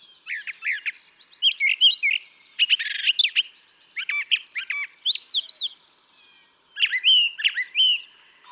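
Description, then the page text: Brown thrasher singing a rapid, varied sequence of short phrases, chirps, slurred whistles and a buzzy rattle. Song from a single male recorded for over three hours; his repertoire is estimated at about 1300 songs, including imitations of other species. "Birdsong for the Curious Naturalist. Brown thrasher"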